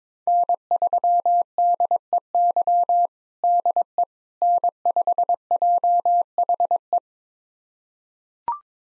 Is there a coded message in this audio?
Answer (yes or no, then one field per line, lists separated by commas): yes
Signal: Morse code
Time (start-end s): 0.3-7.0 s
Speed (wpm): 22 wpm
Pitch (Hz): 700 Hz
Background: none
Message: N3DEY DE N5JHE